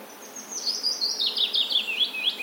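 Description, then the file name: Willow warbler song: a sweet phrase of slurred whistled notes falling steadily in pitch over about two seconds. Recorded on 19 May 2020. "piecuszek 19 05 2020"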